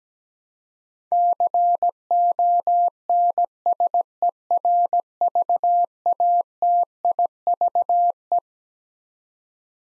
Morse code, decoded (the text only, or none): CONSERVATIVE